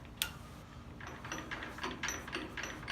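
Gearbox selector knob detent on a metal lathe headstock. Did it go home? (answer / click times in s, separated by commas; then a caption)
yes / 0.2 s. A gearbox selector knob on a G0709 metal lathe headstock is shifted out of neutral into the W position, and its detent gives a sharp, positive metal click at 0.2 s as it seats. Softer mechanical ticks and rattles follow from about 1.3 s to the end of the clip.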